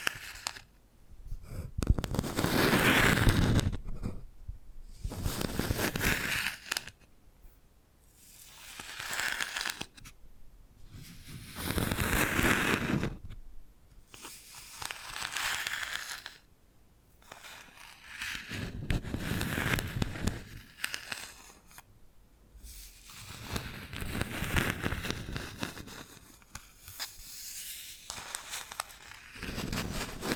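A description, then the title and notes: Bamboo being scratched and brushed in repeated bursts of dry, crackling friction, each lasting a few seconds, separated by brief quieter pauses. Bamboo Tapping, Scratching and Brushing Sounds.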